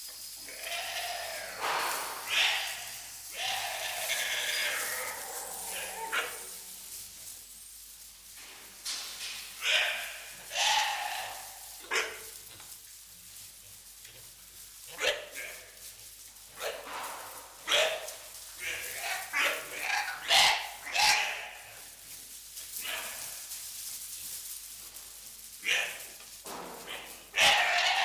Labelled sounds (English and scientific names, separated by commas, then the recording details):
White-lipped Peccary (Tayassu pecari) call
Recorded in captivity
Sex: group
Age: diverse
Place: Zoo Berlin, Berlin, DE
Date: 1998-12-22 15:48
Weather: overcast, 0°C
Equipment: Sony MD-WM MZ-R3, Sennheiser MKH 416 T, Kopie Uher 4000 Report Monitor
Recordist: Tembrock, Günter
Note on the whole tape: Gruppe mit halbwüchsigen Jungtieren vor der Fütterung: diverse Lautformen (Entfernung 0,5 - 1 m)